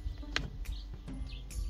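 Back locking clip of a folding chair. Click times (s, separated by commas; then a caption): 0.4 s. A Kiddies Wimbledon folding chair is clicked into one of its two back locking clips, with a sharp click at 0.4 s and fainter knocks around 1.1 s and 1.5 s. The chair seats firmly and is secure.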